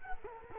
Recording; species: mosquito wingbeat signal from an infrared sensor; Culex quinquefasciatus